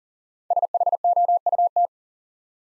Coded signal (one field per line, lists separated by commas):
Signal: Morse code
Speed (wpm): 42 wpm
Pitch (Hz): 700 Hz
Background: none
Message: SHOUT